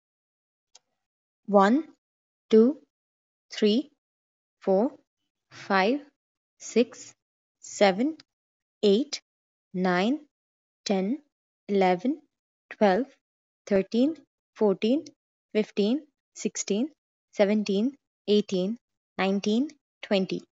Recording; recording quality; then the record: counting at a normal pace; excellent, no background noise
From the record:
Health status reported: healthy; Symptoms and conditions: none ticked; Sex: female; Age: 22 years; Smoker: not ticked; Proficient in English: yes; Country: India